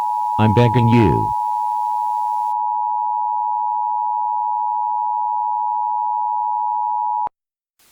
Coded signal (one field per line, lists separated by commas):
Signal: Emergency Alert System (SAME) tones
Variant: 853 and 960 Hz attention tone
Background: speech